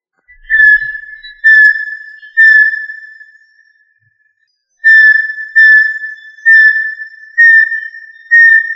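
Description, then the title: Tinamou call: level, clear whistles at one pitch, three notes about a second apart, a short gap, then a run of five similar whistles. "Familia Tinamidae - Quail - Puyuh"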